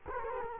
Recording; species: mosquito wingbeat signal from an infrared sensor; Culex quinquefasciatus